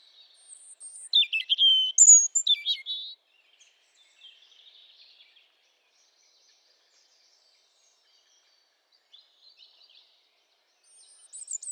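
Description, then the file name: European robin with a short burst of high, sharp, tinkling notes and squeaky twitters, then long pauses with faint scratchy fragments and a thin high note near the end. "Erithacus rubecula"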